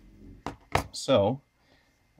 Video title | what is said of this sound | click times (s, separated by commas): iPhone 5 dropped in water for an hour! | and you'll hear it snap, and then we're ready to go. | 0.5 s, 0.8 s